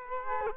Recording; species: mosquito wingbeat signal from an infrared sensor; Culex quinquefasciatus